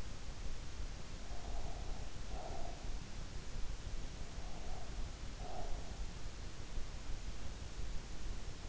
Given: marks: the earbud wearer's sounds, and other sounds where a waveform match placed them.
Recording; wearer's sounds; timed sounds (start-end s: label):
sounds in sleep by an in-ear microphone; breath
1.32-2.84 s: breath
4.30-5.99 s: breath